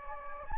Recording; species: mosquito wingbeat signal from an infrared sensor; Anopheles gambiae